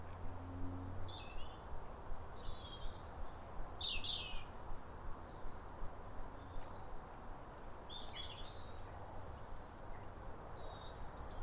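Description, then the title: European robin singing high, wistful warbled phrases with short gaps, a denser cluster near the end, and a low hum in the background. Pair of robins in neighbouring gardens duetting with wistful phrases at a clear, calm, rosy New Year sunrise in winter, after weeks of rain. "Sound Escape 150: Be uplifted by a chorus of New Year's robins"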